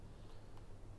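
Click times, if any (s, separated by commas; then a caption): 0.6 s. The fuel tank cap of a Triumph Street Scrambler 900 motorcycle is screwed back into the tank filler until its ratchet gives a single short click at 0.6 s, over a steady low hum. The click means the cap has reached its stop and is fully screwed on, so there is no point turning it further.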